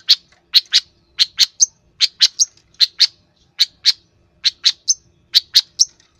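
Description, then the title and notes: Long-tailed shrike song: sharp, high chip notes in quick pairs and triplets, separated by short gaps, with a clean quiet background. Used to train cage birds. "Masteran Burung Cendet"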